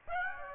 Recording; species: mosquito wingbeat signal from an infrared sensor; Aedes aegypti